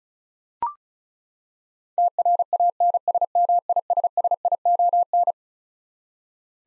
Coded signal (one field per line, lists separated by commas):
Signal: Morse code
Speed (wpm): 36 wpm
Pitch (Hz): 700 Hz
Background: none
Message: TRANSMISSION